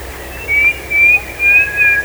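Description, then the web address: Bird call: four steady, high whistled notes in a row, each a little rising, with a lower whistle at the end. "BIRD 2015 SABIOD 50 bird 2015"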